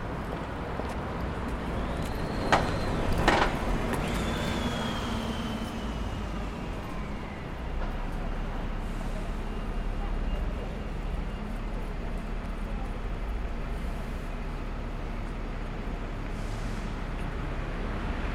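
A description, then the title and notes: A steady low hum fills an outdoor street scene, with a passing vehicle rising and falling in pitch around two to seven seconds. Two sharp knocks or clatters stand out near the three-second mark, and faint street activity continues throughout. UCL Soundscapes: Gower Street, main gates of UCL. Field recording at UCL's main entrance on Gower Street. In stereo on Zoom H4N with windscreen. Footsteps, brief moments of conversations and the hum of air conditioning in the background.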